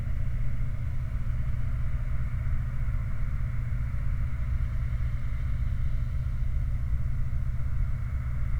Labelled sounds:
machinery
flare stack
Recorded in the Prudhoe Bay oil fields, Alaska, on 29 July 2019 at 04:28
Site 29

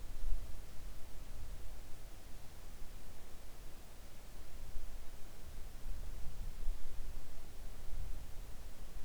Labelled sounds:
near silence
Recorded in the Arctic National Wildlife Refuge, Alaska, on 3 August 2019 at 05:07
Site 41

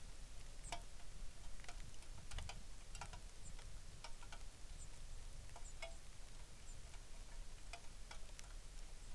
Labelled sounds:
songbird
rain
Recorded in the Arctic National Wildlife Refuge, Alaska, on 3 August 2019
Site 33

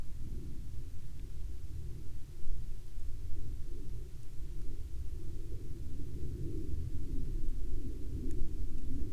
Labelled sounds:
rain
aircraft
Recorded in the Arctic National Wildlife Refuge, Alaska, on 31 July 2019 at 01:51
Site 39

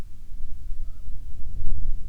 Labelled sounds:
bird
wind
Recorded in the Prudhoe Bay oil fields, Alaska, on 7 August 2019 at 14:14
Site 17

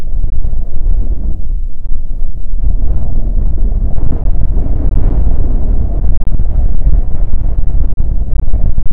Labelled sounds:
wind
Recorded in the Arctic National Wildlife Refuge, Alaska, on 20 June 2019 at 00:31
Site 44

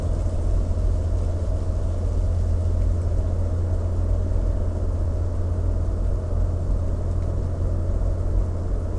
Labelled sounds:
rain
aircraft
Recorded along the Dalton Highway, Alaska, on 22 September 2019 at 20:03
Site 01

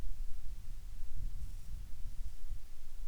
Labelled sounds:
near silence
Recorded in the Arctic National Wildlife Refuge, Alaska, on 10 July 2019 at 18:54
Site 44

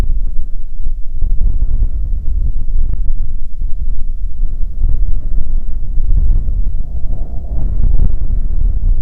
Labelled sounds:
wind
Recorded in the Prudhoe Bay oil fields, Alaska, on 15 May 2019 at 00:00
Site 19

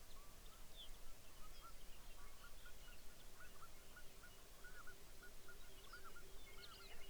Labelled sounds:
songbird
waterfowl
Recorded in the Arctic National Wildlife Refuge, Alaska, on 23 May 2019 at 05:48
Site 49

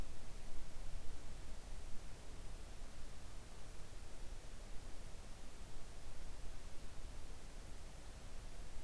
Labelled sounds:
near silence
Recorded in the Arctic National Wildlife Refuge, Alaska, on 3 August 2019 at 05:06
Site 41

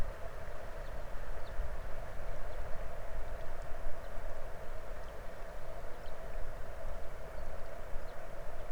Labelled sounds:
songbird
water
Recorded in the Arctic National Wildlife Refuge, Alaska, on 22 May 2019 at 00:30
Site 33

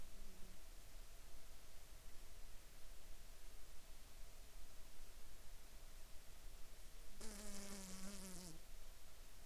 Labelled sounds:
insects
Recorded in the Arctic National Wildlife Refuge, Alaska, on 7 July 2019 at 22:34
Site 43

